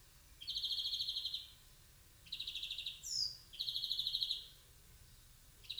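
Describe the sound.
European greenfinch delivering rapid pulsed trills in bursts, with a single clear downslurred whistle between them.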